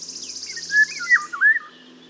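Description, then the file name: Eurasian golden oriole whistling one flowing, fluty phrase with dips and rises, while a high buzzy trill sounds at the start over a soft low hum. "Mathias Ritschard - Obyknovennaya ivolga Oriolus oriolus"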